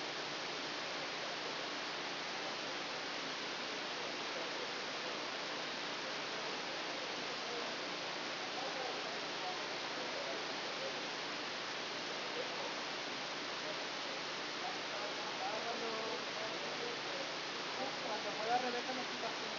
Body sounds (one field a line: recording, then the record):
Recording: brain microelectrode recording played as sound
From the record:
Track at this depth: outside the subthalamic nucleus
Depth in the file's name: -1.081 mm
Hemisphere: left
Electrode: 2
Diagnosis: Parkinson's disease